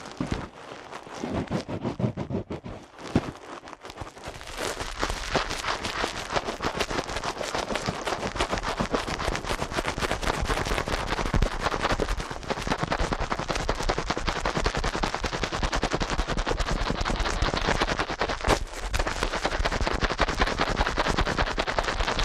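Ear cleaning at helicopter speed: a dense, rapid stream of crackling scratches runs almost nonstop, building after four seconds and briefly dipping near nineteen.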